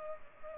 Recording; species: mosquito wingbeat signal from an infrared sensor; Culex pipiens